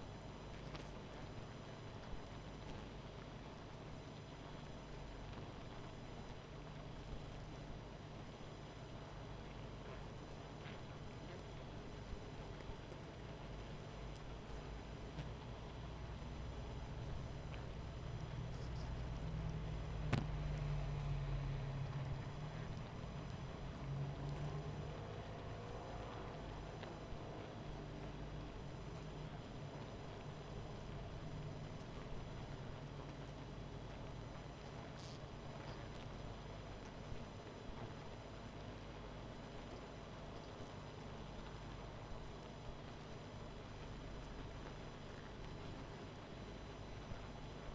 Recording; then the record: honeybee colony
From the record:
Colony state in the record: missing queen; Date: 14 July 2017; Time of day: 19:59